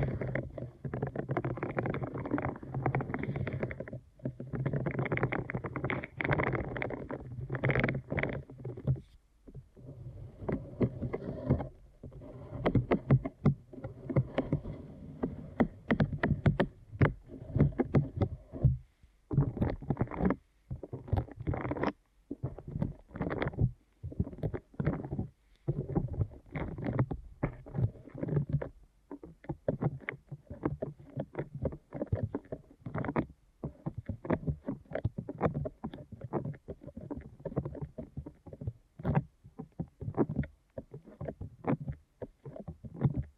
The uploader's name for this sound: ASMR Deep Ear Canal Massage